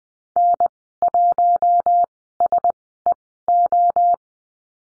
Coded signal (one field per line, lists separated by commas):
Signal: Morse code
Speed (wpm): 20 wpm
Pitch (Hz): 700 Hz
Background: none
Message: N1SEO